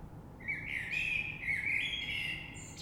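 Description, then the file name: Common blackbird song: one continuous mellow whistled phrase, wavering up and down, finishing with a thin high note. Recorded 3 March 2020. "Rush Merle"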